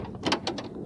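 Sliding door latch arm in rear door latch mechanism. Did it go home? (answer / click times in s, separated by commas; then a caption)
no / none. A metal latch arm in the rear latch mechanism of a Honda Odyssey minivan's sliding door is cycled again, giving a quick run of short mechanical clacks and rattles, loudest around 0.3 s and 0.5 s. The arm does not return all the way, and nothing has snapped back or clicked into place yet.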